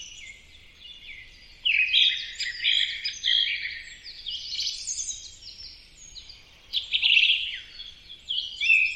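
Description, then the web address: Bird gives harsh, buzzy chirps and chatter, quiet at the start, then loud bursts. "birddata Deverinetal 2025 Bird Only"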